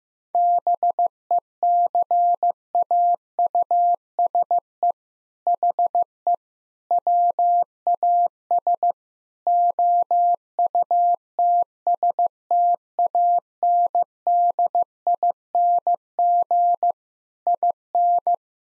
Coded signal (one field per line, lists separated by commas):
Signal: Morse code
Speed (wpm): 15 wpm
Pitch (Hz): 700 Hz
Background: none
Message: BECAUSE HE WAS OUTSTANDING IN